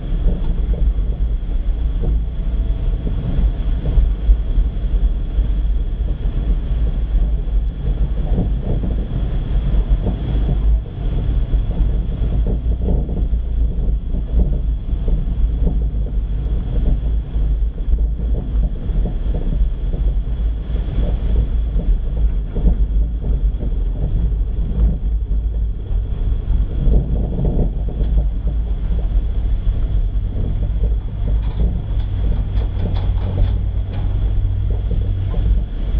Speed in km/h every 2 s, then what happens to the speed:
18, 19, 20, 20, 18, 16, 18, 20, 19, 17, 15, 14, 15, 16, 16, 15, 14, 11.
0-36 slows to 11.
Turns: none.